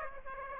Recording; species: mosquito wingbeat signal from an infrared sensor; Aedes aegypti